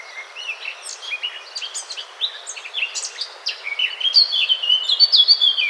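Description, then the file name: Eurasian blackcap singing: several seconds of quiet, scratchy twittering that build into a bright, loud burst of pure fluted whistles at the end. "Sylvia atricapilla"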